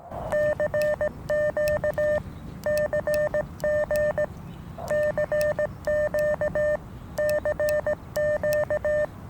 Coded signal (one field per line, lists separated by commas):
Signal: Morse code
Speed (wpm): 18 wpm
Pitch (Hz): 600 Hz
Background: none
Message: CQ CG CQ CQ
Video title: Will it Tune? Improvised Guerrilla HF Antennas.